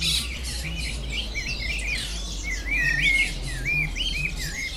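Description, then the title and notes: Many birds sing together, with repeated looping whistled notes and quick chirps layered over one another, above a steady low hum. Birds singing in the Bird Garden, Mongkok, Hong Kong, 15 February 2008; recorded with AKG condenser microphones in XY stereo. "香港 旺角 雀鳥花園 雀鳥唱歌 Bird Singing in the Bird Garden, Mongkok, Hong Kong Date: 15 February 2008"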